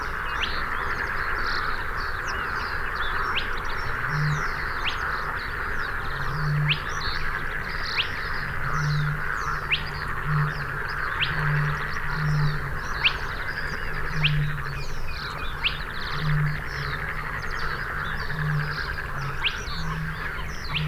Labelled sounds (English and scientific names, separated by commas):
Spotted Crake (Porzana porzana) song